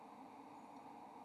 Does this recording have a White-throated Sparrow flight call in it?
no